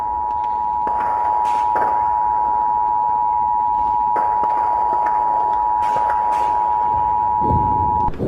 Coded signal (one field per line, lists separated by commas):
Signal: Emergency Alert System (SAME) tones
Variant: 853 and 960 Hz attention tone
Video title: EAS Scenario - Christmas Exchange (World War 3 Scenario)